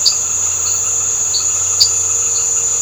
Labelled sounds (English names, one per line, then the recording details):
none
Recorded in secondary vegetation near Puerto Asís, Putumayo, Colombia, on 21 March 2025 at 19:00
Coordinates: 0.468, -76.324
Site G059